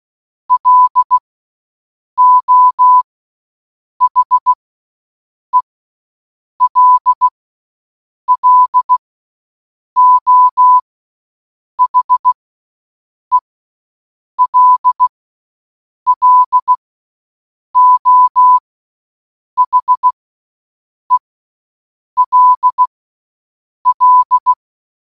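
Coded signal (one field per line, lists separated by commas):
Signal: Morse code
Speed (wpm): 16 wpm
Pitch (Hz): 1000 Hz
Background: none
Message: LO HELLO HELLO HELL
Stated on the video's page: The word hello sent in Morse code, repeated for one hour.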